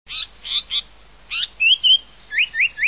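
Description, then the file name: Japanese paradise flycatcher song: four short buzzy notes, two longer whistles, then three quick rising whistled notes. "sankocho"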